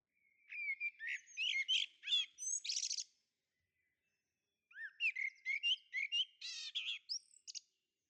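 Bird singing two long, rapid phrases of sharp chirps, whistled slurs and buzzy rattles, separated by a clear pause of about a second and a half; background otherwise silent.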